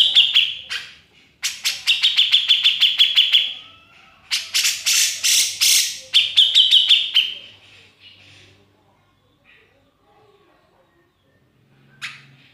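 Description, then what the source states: Grey-cheeked bulbul song: quick repeated chip runs and harsh rasping bursts in the first part, then mostly quiet with a few faint notes. Masteran training audio, a recording used to teach songbirds.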